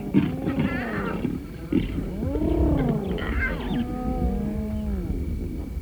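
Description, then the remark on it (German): A half-grown young lion hisses and snarls threateningly at a cub to drive it aside as the pride's young jostle at a kill. The run of rough, voiced growls rises and falls in pitch, overlapping and sustained at steady loudness, with no talking. “Ein Halbstarker drohte fauchend einen Welpen zur Seite.”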